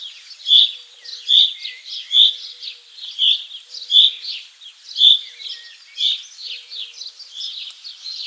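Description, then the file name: Common chaffinch calling with sharp high notes roughly once a second, mixed with soft chattering. "Fringilla coelebs"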